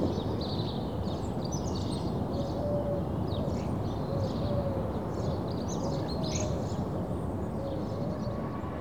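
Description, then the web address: Birds chirp in high bursts while a few soft lower whistled notes recur, all beneath a steady deep rumble. Birds in suburbia in the early morning. "The BBC Sound Effects Library (Suburbia) Early Morning Suburban Birds"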